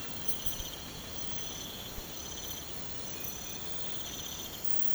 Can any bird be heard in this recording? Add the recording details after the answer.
no. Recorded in pastures near Puerto Asís, Putumayo, Colombia, on 24 March 2025 at 03:30. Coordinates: 0.472, -76.329. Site G074